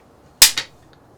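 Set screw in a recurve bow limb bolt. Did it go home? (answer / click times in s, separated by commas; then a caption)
released / 0.4 s. An allen key turns the set screw at the back of a recurve bow's metal limb bolt to loosen it. The screw cracks loose with a sharp, bright click at 0.4 s, followed by a softer second click at 0.6 s and a faint tick at 0.9 s. The set screw, which locks into the limb bolt, is now freed.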